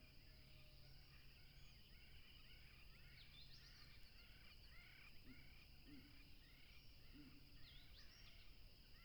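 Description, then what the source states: Crickets trilling in dense high bands with scattered chirps, beneath a low engine drone that stops partway through and broad background rush. Crickets by a tropical river, recorded with a plane passing.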